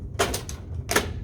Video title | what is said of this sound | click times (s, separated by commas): Xerox Quick Use Guide - Versalink | it clicks obviously replace whichever ones it tells you to and then close it up | 0.5 s, 0.9 s